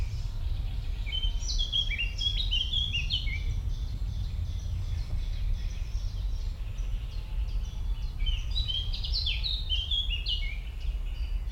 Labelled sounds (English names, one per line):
Common Chiffchaff